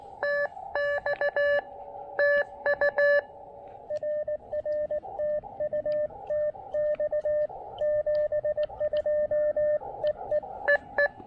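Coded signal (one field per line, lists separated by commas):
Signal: Morse code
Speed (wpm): 18 wpm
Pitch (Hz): 590 Hz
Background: radio noise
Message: TX TU RR TU TX 72 EE EE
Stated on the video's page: Portable QRP Morse activation on 20 meters using an Elecraft KX2 with the AX1 antenna.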